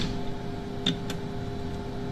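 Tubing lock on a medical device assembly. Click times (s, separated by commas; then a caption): 0.9 s. A plastic lock on the tubing assembly of a medical device set is closed after the tubing is checked for twists, giving a sharp tick at 0.9 s and a fainter second tick at 1.1 s over a steady low hum. The lock is seated.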